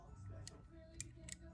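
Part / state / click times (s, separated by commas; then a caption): ash tray latch/detent in the dashboard / seated / 0.5 s, 1.0 s, 1.3 s. A custom ash tray is set into position in the dashboard of a 1955 Chevy, and its detent clicks into place, marking where the hole needs to be drilled. Three short, sharp clicks are heard at 0.5, 1.0 and 1.3 seconds over a low background hum, confirming the ash tray is seated.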